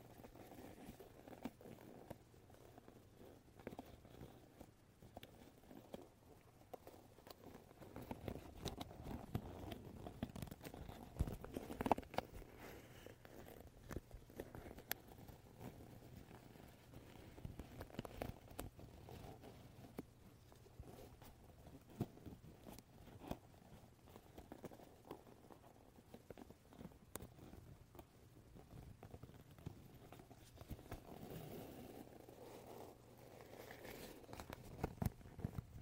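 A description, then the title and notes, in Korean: A wooden brush is tapped and handled, with quick, irregular knocks and soft rubbing strokes continuing for the whole stretch. The sounds stay mostly low and dull, busiest around the middle and near the end, over a faint steady low hum. 길게 준비한 나무빗 탭핑,터칭 사운드.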